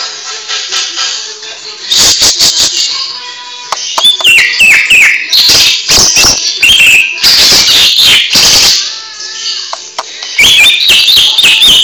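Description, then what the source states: Greater green leafbird song with quick rattling clicks and sharp chips, broken by short falling and rising whistles, busy for most after a quieter first two seconds. Training recording for cage birds (masteran) in the receh song style; local name cucak ijo.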